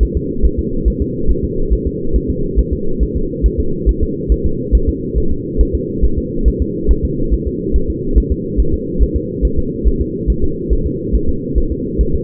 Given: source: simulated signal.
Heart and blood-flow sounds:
fetal heart sounds
0.03 s: S1
0.17 s: S2
0.46 s: S1
0.59 s: S2
0.88 s: S1
1.02 s: S2
1.31 s: S1
1.45 s: S2
1.73 s: S1
1.87 s: S2
2.16 s: S1
2.30 s: S2
2.59 s: S1
2.73 s: S2
3.03 s: S1
3.17 s: S2
3.46 s: S1
3.60 s: S2
3.89 s: S1
4.03 s: S2
4.32 s: S1
4.46 s: S2
4.75 s: S1
4.89 s: S2
5.18 s: S1
5.32 s: S2
5.61 s: S1
5.75 s: S2
6.05 s: S1
6.19 s: S2
6.48 s: S1
6.62 s: S2
6.91 s: S1
7.05 s: S2
7.34 s: S1
7.48 s: S2
7.76 s: S1
7.90 s: S2
8.18 s: S1
8.32 s: S2
8.60 s: S1
8.74 s: S2
9.03 s: S1
9.17 s: S2
9.45 s: S1
9.59 s: S2
9.88 s: S1
10.01 s: S2
10.30 s: S1
10.44 s: S2
10.73 s: S1
10.87 s: S2
11.15 s: S1
11.29 s: S2
11.58 s: S1
11.72 s: S2
12.01 s: S1
12.15 s: S2
From the record:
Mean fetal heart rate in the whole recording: 140 bpm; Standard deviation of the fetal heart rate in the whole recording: 2 bpm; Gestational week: 34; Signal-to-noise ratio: -8.1 dB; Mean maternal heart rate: 72 bpm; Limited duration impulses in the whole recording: absent

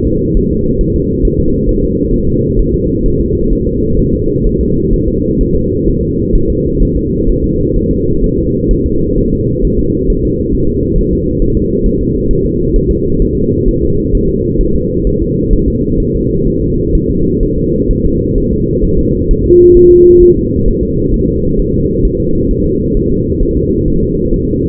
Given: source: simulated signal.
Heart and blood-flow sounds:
fetal heart sounds
0.07 s: S2
0.37 s: S1
0.52 s: S2
0.81 s: S1
0.96 s: S2
1.25 s: S1
1.40 s: S2
1.69 s: S1
1.84 s: S2
2.14 s: S1
2.28 s: S2
2.59 s: S1
2.74 s: S2
3.06 s: S1
3.21 s: S2
3.53 s: S1
3.67 s: S2
4.00 s: S1
4.14 s: S2
4.47 s: S1
4.61 s: S2
4.94 s: S1
5.08 s: S2
5.41 s: S1
5.56 s: S2
5.88 s: S1
6.03 s: S2
6.35 s: S1
6.50 s: S2
6.82 s: S1
6.97 s: S2
7.29 s: S1
7.44 s: S2
7.76 s: S1
7.91 s: S2
8.24 s: S1
8.38 s: S2
8.71 s: S1
8.86 s: S2
9.18 s: S1
9.33 s: S2
9.65 s: S1
9.79 s: S2
10.10 s: S1
10.25 s: S2
10.55 s: S1
10.69 s: S2
10.98 s: S1
11.13 s: S2
11.42 s: S1
11.57 s: S2
11.86 s: S1
12.01 s: S2
12.31 s: S1
12.46 s: S2
12.76 s: S1
12.91 s: S2
13.22 s: S1
13.37 s: S2
13.68 s: S1
13.83 s: S2
14.15 s: S1
14.29 s: S2
14.61 s: S1
14.76 s: S2
15.07 s: S1
15.22 s: S2
15.53 s: S1
15.68 s: S2
16.00 s: S1
16.15 s: S2
16.47 s: S1
16.62 s: S2
16.95 s: S1
17.10 s: S2
17.43 s: S1
17.58 s: S2
17.91 s: S1
18.06 s: S2
18.38 s: S1
18.53 s: S2
18.85 s: S1
18.99 s: S2
19.31 s: S1
19.46 s: S2
19.77 s: S1
19.92 s: S2
20.23 s: S1
20.37 s: S2
20.68 s: S1
20.83 s: S2
21.14 s: S1
21.29 s: S2
21.59 s: S1
21.74 s: S2
22.05 s: S1
22.20 s: S2
22.51 s: S1
22.66 s: S2
22.97 s: S1
23.12 s: S2
23.43 s: S1
23.57 s: S2
23.88 s: S1
24.03 s: S2
24.34 s: S1
24.48 s: S2
From the record:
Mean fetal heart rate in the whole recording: 130 bpm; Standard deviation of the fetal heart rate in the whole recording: 4 bpm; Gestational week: 38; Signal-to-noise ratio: -15.3 dB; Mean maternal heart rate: 72 bpm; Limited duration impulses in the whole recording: present

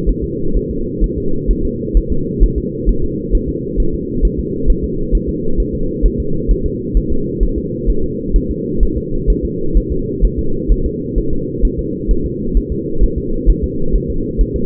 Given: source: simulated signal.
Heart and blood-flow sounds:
fetal heart sounds
0.09 s: S1
0.24 s: S2
0.57 s: S1
0.71 s: S2
1.04 s: S1
1.18 s: S2
1.51 s: S1
1.65 s: S2
1.97 s: S1
2.12 s: S2
2.43 s: S1
2.58 s: S2
2.89 s: S1
3.04 s: S2
3.35 s: S1
3.49 s: S2
3.80 s: S1
3.95 s: S2
4.25 s: S1
4.39 s: S2
4.70 s: S1
4.84 s: S2
5.15 s: S1
5.29 s: S2
5.60 s: S1
5.75 s: S2
6.06 s: S1
6.20 s: S2
6.51 s: S1
6.66 s: S2
6.97 s: S1
7.12 s: S2
7.43 s: S1
7.58 s: S2
7.90 s: S1
8.04 s: S2
8.36 s: S1
8.51 s: S2
8.83 s: S1
8.97 s: S2
9.30 s: S1
9.45 s: S2
9.77 s: S1
9.92 s: S2
10.25 s: S1
10.39 s: S2
10.72 s: S1
10.86 s: S2
11.18 s: S1
11.33 s: S2
11.65 s: S1
11.79 s: S2
12.11 s: S1
12.26 s: S2
12.57 s: S1
12.72 s: S2
13.03 s: S1
13.18 s: S2
13.50 s: S1
13.64 s: S2
13.96 s: S1
14.10 s: S2
14.41 s: S1
14.56 s: S2
From the record:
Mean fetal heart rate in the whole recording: 130 bpm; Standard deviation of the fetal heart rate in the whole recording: 2 bpm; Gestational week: 36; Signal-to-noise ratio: -8.1 dB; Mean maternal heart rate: 72 bpm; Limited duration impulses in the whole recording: absent

